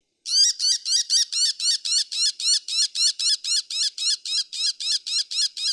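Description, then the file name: Bull-headed shrike giving a fast series of high, squeaky notes, about four per second, steady and even throughout, with no other sounds. "mozu"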